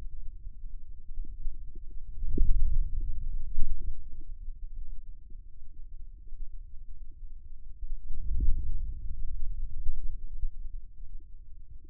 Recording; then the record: forearm muscle sounds (acoustic myography)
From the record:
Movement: radial deviation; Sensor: system 2, bracelet of six BSWA MPA416 microphones around the upper forearm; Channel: 3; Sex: male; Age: 22 years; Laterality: right